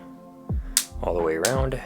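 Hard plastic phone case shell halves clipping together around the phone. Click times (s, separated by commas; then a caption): 0.8 s. Hard plastic phone case shell halves, an Otterbox Defender Pro on an iPhone 12 / 12 Pro, are clipped together as the upper shell is pressed onto the lower half around the phone's edge. Under music, a sharp click sounds at 0.8 s as a clip snaps closed, and then someone talks. The shell clips are seated all the way around.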